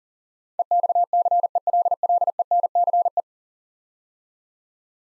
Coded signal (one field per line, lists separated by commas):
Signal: Morse code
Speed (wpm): 40 wpm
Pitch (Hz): 700 Hz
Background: none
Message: EXCELLENCE